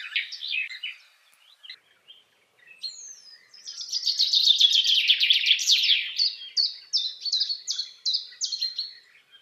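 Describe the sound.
Common chaffinch singing: bright chirpy notes, then a fast rattling trill, ending in a string of separate sharp notes, in a clean quiet background.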